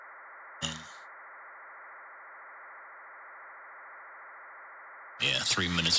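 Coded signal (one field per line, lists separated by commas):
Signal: SSTV (slow-scan television)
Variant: PD 120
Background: speech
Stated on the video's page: 6 m meteor scatter MSK144 digital signals during a VHF contest, received on a SunSDR2DX with a Moxon antenna at 250-300 watts.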